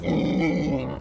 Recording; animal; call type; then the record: contact call of a hoofed animal; wild boar; grunt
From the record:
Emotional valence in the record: negative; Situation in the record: naturally occurring agonistic interactions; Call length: 1.02 s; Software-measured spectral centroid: 1330 Hz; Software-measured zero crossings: 940 a second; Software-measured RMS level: -24 dBFS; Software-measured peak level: -13 dBFS